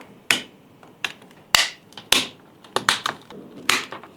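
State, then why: Seated. The plastic bottom shell of a DJI Mini 3 drone is inserted end first and pressed around its edge into the drone body. Sharp plastic snaps ring out at 0.3, 1.1, 1.6, 2.1, 2.9 and 3.7 seconds as the clips lock in one after another. The shell ends up fully seated.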